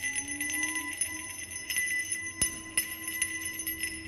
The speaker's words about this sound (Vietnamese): Cho đến đoạn cao trào, cả người lão lắc lư như là con vụ, một tay cầm lấy cái chuông đồng, giơ lên cao mà lắc liên tục.